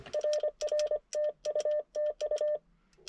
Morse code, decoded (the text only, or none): RR TU TU